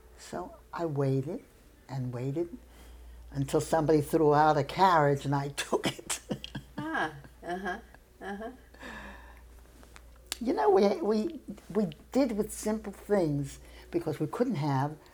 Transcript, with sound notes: So I waited and waited until somebody threw out a carriage and I took it. [laughs]
Ah, uh-huh. Uh-huh.
You know, we — we — we did with simple things because we couldn't have.